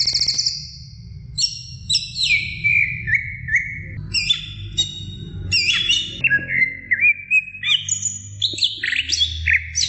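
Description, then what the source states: Oriental magpie-robin song, bright high whistles dropping in pitch in stepped phrases, mixed with varied chirps and sweeps, delivered against a low rumbling background. Long-duration chirping song of the Oriental magpie-robin.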